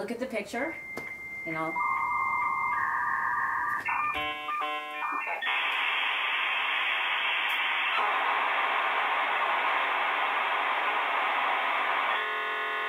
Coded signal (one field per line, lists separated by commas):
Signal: dial-up modem handshake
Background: speech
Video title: "Overview of Packet Radio"